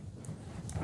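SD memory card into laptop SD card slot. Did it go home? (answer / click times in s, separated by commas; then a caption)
yes / 0.7 s. A small SD card from a ZeroWriter Ink writing device is pushed into the SD card slot on a laptop over a low background rumble. A faint tick comes at 0.2 seconds, then a sharper click at 0.7 seconds as the card seats in the slot.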